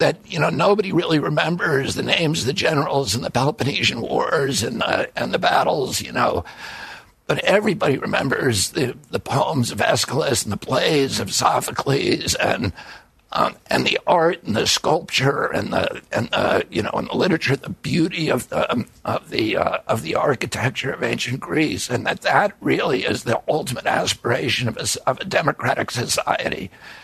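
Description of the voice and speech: Adult male speaking with spasmodic dysphonia (spasmodic dystonia), a neurological disorder that began at age 42 after an injury. The voice is gravelly because the vocal cords keep tightening. Surgery about 8 months earlier made it more reliable.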